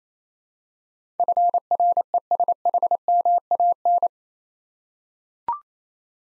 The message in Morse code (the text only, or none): FRESHMAN